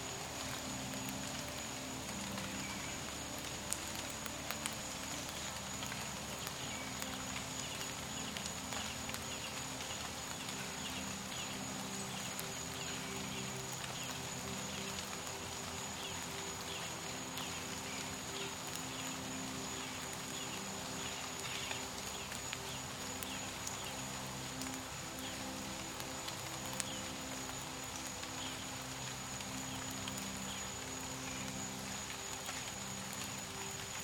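Soft violins loop beneath woodland sounds after a light rain, their low sustained notes shifting in slow, repeating steps. Above them, constant fine dripping and ticking and a thin, steady high tone run throughout, with a few sharper clicks near 4 and 27 seconds.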